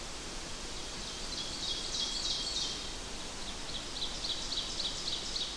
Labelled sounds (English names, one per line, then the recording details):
Ovenbird song
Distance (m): 40 m
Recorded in boreal forest in Alberta, Canada, on 8 June 2016 at 05:57
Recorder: SongMeter 3, array SBT-3-9
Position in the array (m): 100 m, 103 m
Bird 34